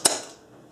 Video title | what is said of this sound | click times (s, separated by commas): Webb cylinder mower resurrection part 2 | you might hear it click | 0.1 s